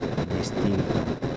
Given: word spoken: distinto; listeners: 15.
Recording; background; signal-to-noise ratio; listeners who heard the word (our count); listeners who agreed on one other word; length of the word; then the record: one Spanish word in noise, from a listening test; noise modulated by three-talker babble; -4.3 dB; 6 of 15; 9 of 15; 0.97 s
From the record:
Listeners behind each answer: 9, 6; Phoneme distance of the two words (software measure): 17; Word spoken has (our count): 3 syllables, 8 phonemes, stress on syllable 2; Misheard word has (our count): 3 syllables, 7 phonemes, stress on syllable 2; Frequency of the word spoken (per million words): 46.53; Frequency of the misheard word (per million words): 90.34